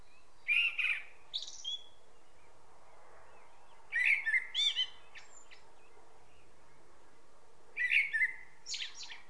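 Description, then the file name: Common blackbird singing three separate phrases, each a mellow warbled whistle that breaks into a thin, high twitter, spaced about every three to four seconds. "Turdus merula"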